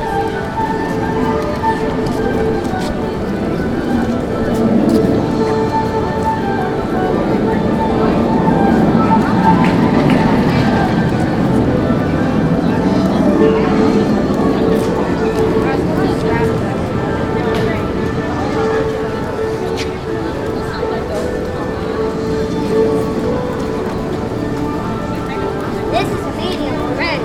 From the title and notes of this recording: Universal Islands of Adventure audio journey. The amazing sounds that come from a Theme Park.